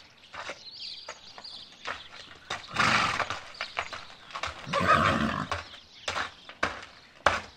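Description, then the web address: Horse giving two harsh, breathy snort-like bursts a couple of seconds apart, with irregular clopping hoofbeats throughout. "sons chevaux"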